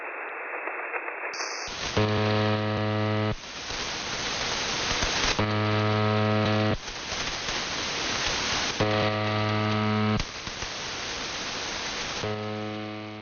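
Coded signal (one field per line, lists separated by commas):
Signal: channel marker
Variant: UVB-76 (The Buzzer)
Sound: four harsh low buzzes, each about a second long, separated by hissing static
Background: radio static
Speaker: You just punch in 4625 kHz and suddenly you're intercepting the so-called Russian military transmissions.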